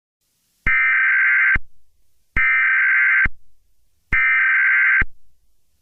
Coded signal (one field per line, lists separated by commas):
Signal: Emergency Alert System (SAME) tones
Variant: header bursts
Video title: The Anime Girls Strike Back - A sequel EAS scenario